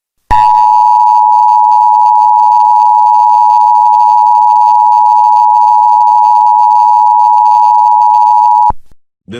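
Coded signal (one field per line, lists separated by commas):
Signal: Emergency Alert System (SAME) tones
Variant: 853 and 960 Hz attention tone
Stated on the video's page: Fictional EAS scenario alert.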